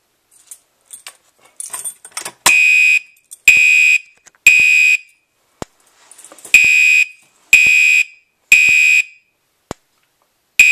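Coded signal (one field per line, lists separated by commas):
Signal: alarm pattern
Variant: Gentex Commander 2 horn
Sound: harsh buzzing horn, three half-second blasts, pause, three more, after clattering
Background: keys jangling, clatter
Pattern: temporal three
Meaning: Temporal-3 pattern signals fire, evacuate the building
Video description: The famous mechanical-code 3 tone on this alarm. Heard on most Commander Series products.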